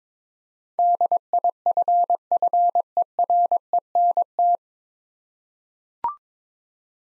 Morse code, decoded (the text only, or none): DIFFERENT